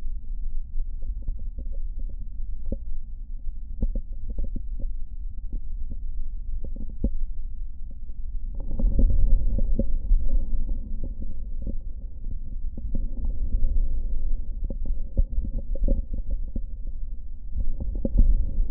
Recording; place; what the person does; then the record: lung sounds by stethoscope; left posterior basal chest; quiet breathing, then deep breathing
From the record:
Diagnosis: COPD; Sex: male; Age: 77 years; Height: 172 cm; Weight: 94 kg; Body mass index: 31.8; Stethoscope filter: diaphragm mode